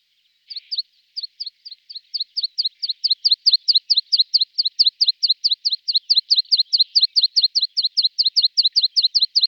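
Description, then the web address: Meadow pipit song, a long, steady series of sharp, high-pitched notes repeated rapidly and regularly, growing slightly louder as it continues. "All the bird songs of Britain and Europe - Jean-Claude Roche. Anthus pratensis"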